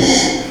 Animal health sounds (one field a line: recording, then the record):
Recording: squeal of a Yucatan mini pig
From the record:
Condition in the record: before surgery on the right vocal fold (resection and tissue-engineered implant)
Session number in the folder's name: 2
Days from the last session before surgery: 0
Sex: male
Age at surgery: 12 weeks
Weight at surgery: 13 kg